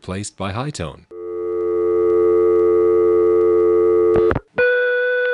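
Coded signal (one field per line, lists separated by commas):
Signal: telephone call progress tone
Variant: North America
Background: speech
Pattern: dial tone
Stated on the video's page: Telephone company permanent-signal recordings for phones left off hook, 1971-1983.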